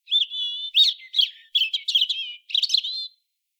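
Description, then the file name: European robin singing a varied phrase of high thin whistles and quick trills, several short notes in about three seconds, clean background. "Erithacus rubecula"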